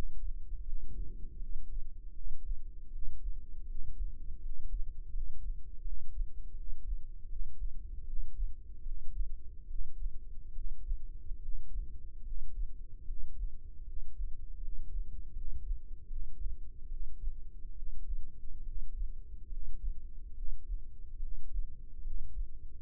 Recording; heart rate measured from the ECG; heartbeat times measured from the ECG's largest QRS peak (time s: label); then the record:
heart sounds by microphone in the left ear; 76 bpm
0.65 s: heartbeat
1.39 s: heartbeat
2.14 s: heartbeat
2.91 s: heartbeat
3.67 s: heartbeat
4.41 s: heartbeat
5.13 s: heartbeat
5.84 s: heartbeat
6.55 s: heartbeat
7.28 s: heartbeat
8.05 s: heartbeat
8.84 s: heartbeat
9.68 s: heartbeat
10.53 s: heartbeat
11.41 s: heartbeat
12.23 s: heartbeat
13.06 s: heartbeat
13.85 s: heartbeat
14.60 s: heartbeat
15.34 s: heartbeat
16.08 s: heartbeat
16.89 s: heartbeat
17.75 s: heartbeat
18.64 s: heartbeat
19.49 s: heartbeat
20.35 s: heartbeat
21.20 s: heartbeat
22.03 s: heartbeat
22.80 s: heartbeat
From the record:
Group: healthy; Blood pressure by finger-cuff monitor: 130/72 mmHg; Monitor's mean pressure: 88 mmHg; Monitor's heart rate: 76 bpm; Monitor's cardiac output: 7.1 L/min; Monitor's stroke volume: 94 mL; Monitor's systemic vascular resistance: 920 dyn s/cm5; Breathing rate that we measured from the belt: 16 breaths a minute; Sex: male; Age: 19 years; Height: 178 cm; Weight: 83 kg